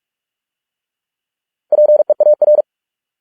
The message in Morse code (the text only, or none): PEAR